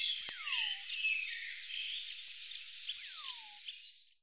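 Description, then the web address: Eurasian penduline tit giving two thin, high, falling whistled calls about two and a half seconds apart, with faint twittering in the background. "Remiz. penduline"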